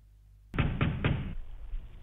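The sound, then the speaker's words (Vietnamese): Three heavy, evenly spaced thuds of a fist pounding on a door, loud and booming with a low, muffled body, followed by a lingering low rumble. “Thế nhưng hôm nay lại có thằng điên nào khi nghe nó chửi mà vẫn cứ đang ngang nhiên đập cửa.”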